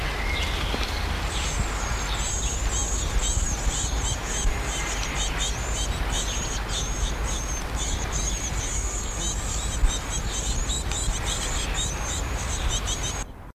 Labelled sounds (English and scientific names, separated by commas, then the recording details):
Great Tit (Parus major) call
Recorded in the wild
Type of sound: call
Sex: diverse
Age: immature
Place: Hannover, Niedersachsen, DE
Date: 1979-06-22
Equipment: Halbspur, 9,5 cm/s
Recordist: Lütgens, Hans
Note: Nestjunge, Rufe